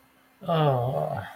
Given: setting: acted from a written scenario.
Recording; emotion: vocal sound without words; guilt